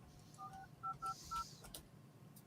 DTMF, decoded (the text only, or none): 4550